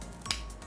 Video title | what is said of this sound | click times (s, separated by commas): [UNPACK แกะลอง & Friends] ลิปทินต์ใสๆ สายเกา สวยได้ 20 สี เปลี่ยนได้ 20 ปลอก | ฟึบใส่ปอกข้างล่างก็จะดังกริ๊กก็ใส่ข้างบนลงไปก็ดัง | 0.3 s